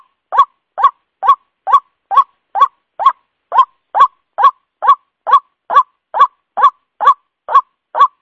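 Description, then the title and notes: White-breasted waterhen call, a rising harsh note repeated regularly about twice a second for the whole stretch. Lure call used to attract the bird. "Pikat Ruak Jawara. Suara Burung Ruak"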